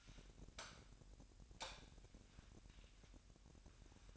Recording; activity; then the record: daily activity, microphone in the room; light on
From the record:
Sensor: 2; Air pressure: 1011.8 hPa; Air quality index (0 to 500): 215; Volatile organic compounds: 3 ppm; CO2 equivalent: 1517 ppm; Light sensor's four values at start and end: 11/26/11/12 and 16/44/18/18